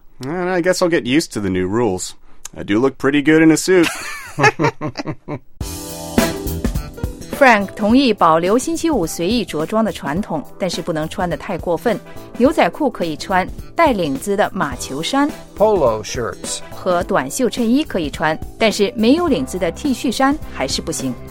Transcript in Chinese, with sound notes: And I guess I'll get used to the new rules. I do look pretty good in a suit.
(chuckle)
Frank 同意保留星期五随意着装的传统，但不能太过份，牛仔裤可以穿，带领子的马球衫 Polo shirts 和短袖衬衣可以穿，但是没领子的 T 恤衫还是不行。